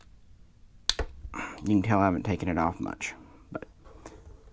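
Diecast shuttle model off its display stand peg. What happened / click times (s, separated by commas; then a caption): The model snapped free of its tight stand / 0.9 s. A diecast shuttle model is pulled off the peg of its very tight plastic display stand, giving a loud, sharp snap at 0.9 s as it comes free. Someone talks afterward, and a few quieter clicks and handling taps follow.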